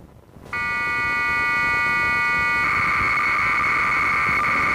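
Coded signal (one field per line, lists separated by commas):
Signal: unidentified radio signal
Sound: static, then a continuous warbling two-tone data signal that turns harsher and buzzier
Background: radio static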